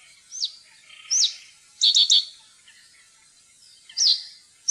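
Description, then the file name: Common reed bunting singing a short phrase of thin high notes and a rapid three-part chirp, pausing, then starting again. "sivspurv"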